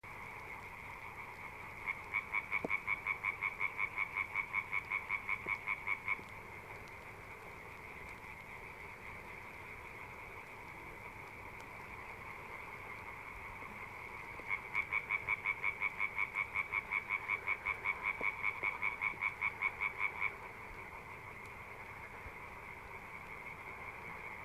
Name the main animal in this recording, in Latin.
Hyla arborea